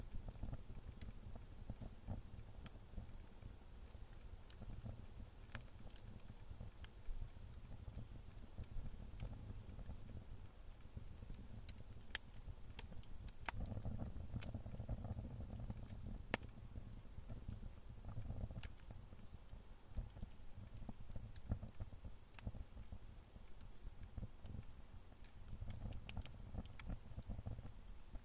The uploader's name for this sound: Fire Soundscapes from Around the World